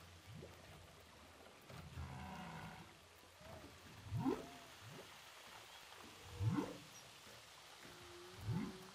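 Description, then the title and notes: Humpback whale song units: several low upsweeping moans, with harmonic-rich grunts and faint tonal notes between. Humpback whales recorded underwater with a DPA hydrophone off Saint-Paul, Réunion. "Baleines à bosse enregistrées à l'hydrophone DPA au large de saint Paul de la réunion"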